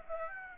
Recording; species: mosquito wingbeat signal from an infrared sensor; Aedes aegypti